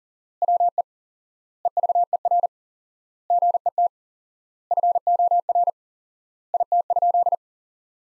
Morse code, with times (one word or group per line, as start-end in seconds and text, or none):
0.4-0.8 WE
1.7-2.5 EVER
3.3-3.9 GET
4.7-5.7 FOR
6.5-7.3 IT?